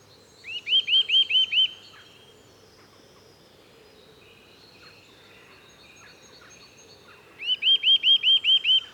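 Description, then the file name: Eurasian nuthatch giving two quick bursts of several arched, whistled notes, separated by several seconds. "Sitta europaea"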